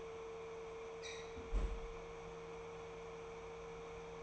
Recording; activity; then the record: daily activity, microphone in the room; close fridge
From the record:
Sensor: 1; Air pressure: 1015.0 hPa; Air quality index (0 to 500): 194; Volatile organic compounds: 22 ppm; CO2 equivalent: 2741 ppm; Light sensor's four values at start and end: 30/75/32/38 and 31/77/33/39